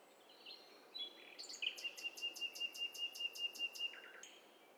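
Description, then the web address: Bird calls in a mix: a fast run of about a dozen identical sharp notes, several per second, with other whistles and chirps overlapping before and after. Mixture of several overlapping birds, in stereo. "Hi Fi STEREO BIRD COCKTAIL PARTY Challenge HDBird Cocktail Party"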